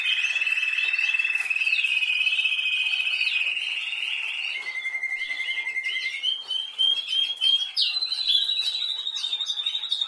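Canary song: a long, steady rolled trill, a lower buzzy section, then quick pulsed phrases leading into a higher sustained roll.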